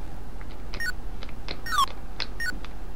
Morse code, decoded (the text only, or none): none